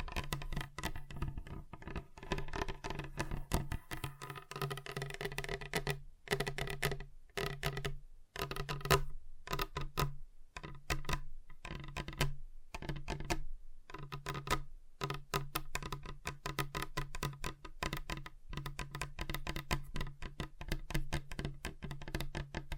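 Fingers tap rapidly and continuously on a table, dense clicky strikes like typing, with a steady low resonant tone and brief pauses around six to fourteen seconds.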